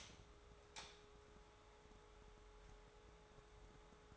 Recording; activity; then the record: daily activity, microphone in the room; light off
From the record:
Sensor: 3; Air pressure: 1010.2 hPa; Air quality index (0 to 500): 169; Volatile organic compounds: 10 ppm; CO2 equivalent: 2204 ppm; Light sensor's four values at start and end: 50/126/55/60 and 48/118/52/57